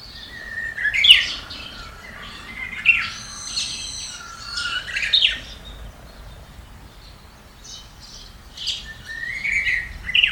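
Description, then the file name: Japanese bush warbler song: a held whistle that turns into a quick flourish, repeated several times among chirps from other birds. Recorded 10 March 2020. "20200310 uguisu"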